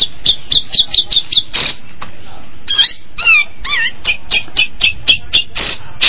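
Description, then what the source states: Long-tailed shrike song: quick high chip series broken by wavering, looping whistled notes in the middle, then more fast chips. Combination song (kombinasi) style.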